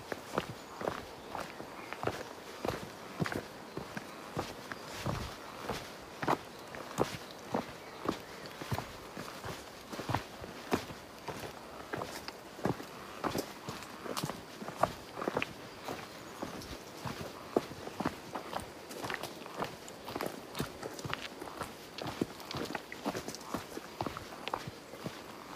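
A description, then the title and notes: Footsteps on a woodland walk in Thuringia crunch steadily at an even pace for the whole stretch, with crisp, bright crackles under a soft, quiet background. A walk in the woods in Thuringia.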